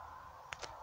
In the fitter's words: in place wiring connectors clicked in the third one that was on this particular vehicle just took it down out of the way not